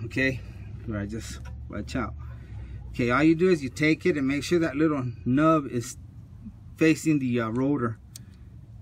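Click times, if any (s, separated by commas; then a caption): 8.2 s. A plastic brake pad wear sensor is slipped into a rear brake pad on a 2011 BMW 535i, with its little nub facing the rotor, while someone talks. A sharp snap at 8.2 s marks the sensor seating in the pad, followed by a softer tick just before the end.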